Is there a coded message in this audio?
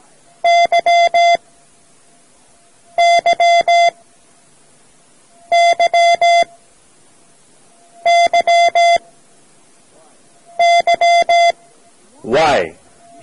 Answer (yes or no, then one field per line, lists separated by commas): yes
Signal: Morse code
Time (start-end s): 0.4-12.6 s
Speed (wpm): 17 wpm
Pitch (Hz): 690 Hz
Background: speech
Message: YYYYYE